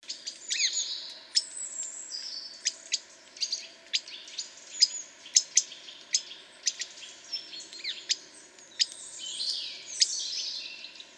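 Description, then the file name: European robin song: high, thin varied phrases mixing sharp ticking notes, quick falling slurs and short warbled trills, delivered in a busy continuous stream with brief pauses. "Erithacus rubecula"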